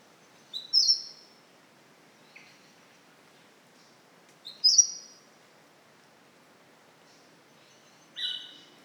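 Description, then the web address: Mistletoebird calls: high sharp whistled phrases repeated about every four seconds, with a short buzzy note near the end and quiet surroundings. "Mistletoebird. صدای-پرنده-مرغ-دارواش"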